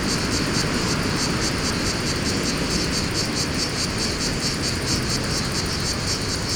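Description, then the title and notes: Cicada: pulsed buzzing over strong, broad wind noise with a low rumble. Fontvieille, France; pine wood during mistral wind; two Shure BG 4.0 mics, DIY windscreen, Tascam DA-P1 DAT recorder; excerpt from CDR copy. "Fontvieille, France - Mistral et cigales. Le Mistral dans la pinède les cigales et insectes au sol , quelques bruits de circulation"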